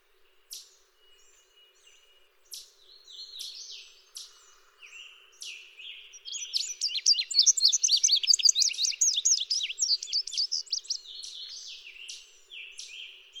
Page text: Chris Parrish - Индиговый овсянковый кардинал (Passerina cyanea)